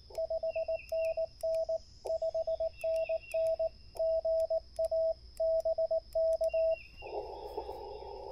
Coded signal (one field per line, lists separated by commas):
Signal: Morse code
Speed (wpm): 18 wpm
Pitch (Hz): 650 Hz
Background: radio noise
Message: 5NN 5NN GA BK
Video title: #POTA Spring 2024 Support Your Parks CW Activation and CaHRtenna Poseidon review